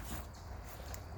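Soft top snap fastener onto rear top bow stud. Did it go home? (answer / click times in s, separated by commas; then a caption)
yes / 0.9 s. A snap sewn into the back of a 1995–98 Geo Tracker or Suzuki Sidekick soft top is pressed onto a stud on the rear top bow, over a steady low rumble. A short, sharp snap is heard at 0.9 s, and the snap is seated in place.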